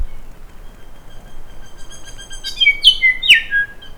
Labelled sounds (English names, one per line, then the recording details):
New Zealand Bellbird song
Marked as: Stutter(decurved), Stutter(alarmy), Nailpolish, Down(notched), Pipe(C[7]bent), Down(CUV1), Pipe(G[6]+)
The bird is a female
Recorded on Cuvier Island, New Zealand, on 6 November 2016
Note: CH2StutterTypCuvSong